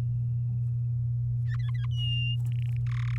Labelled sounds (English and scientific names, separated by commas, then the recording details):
Domestic Canary (Serinus canaria) song
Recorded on 10 May 2018 at 05:31
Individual llb16